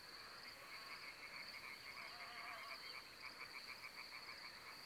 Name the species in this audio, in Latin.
Luscinia megarhynchos, Corvus corone